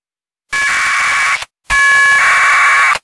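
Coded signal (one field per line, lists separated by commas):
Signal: packet radio (AX.25, as in APRS)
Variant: 1200 baud AFSK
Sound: two brief harsh warbling data bursts of rapidly alternating tones, over hiss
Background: radio static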